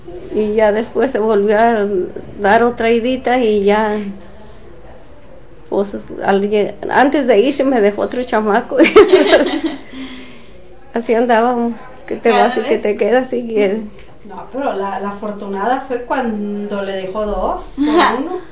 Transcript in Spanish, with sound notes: Y ya después se volvió a dar otra idita y ya, pos antes de irse, me dejó otro chamaco. (risas) Así andábamos, que te vas y que te quedas.
Cada vez.
No, pero la afortunada fue cuando le dejó dos, no a uno.